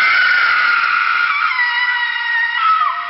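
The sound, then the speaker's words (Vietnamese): A woman's piercing, sustained scream echoes from inside a tomb passage, holding a high, strained pitch for about three seconds, loud and unbroken, with a slight waver and a drop in tone right at the end. “Nhưng tình huống thực tế đã lập tức phủ định khả năng này, bởi tiếng hét xé tay bên trong mộ đạo vẫn đang tiếp tục vang tới.”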